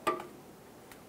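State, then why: Seated. A plastic wiring harness connector is aligned and pressed onto the fog light socket in the housing of a 1998-2002 Lincoln Navigator, and the wiring is tugged afterward to make sure it is secure. A sharp, bright tick at about 0.1 s rings briefly and fades, followed by near silence. A soft, short click at 0.9 s marks the connector seating.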